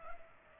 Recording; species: mosquito wingbeat signal from an infrared sensor; Culex pipiens